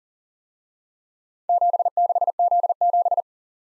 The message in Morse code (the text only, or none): 76Z7